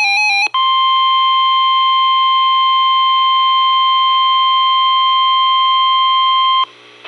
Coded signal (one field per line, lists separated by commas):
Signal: Emergency Alert System (SAME) tones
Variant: 1050 Hz attention tone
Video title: (EAS #817) Severe Thunderstorm warning On KIH38 9/6/2023